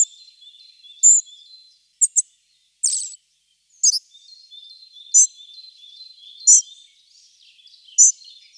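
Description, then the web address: Spotted flycatcher singing sparse, sharp, high-pitched chips and short squeaks, some doubled, spaced irregularly. "Schulze Peter Spotted Flycatcher song"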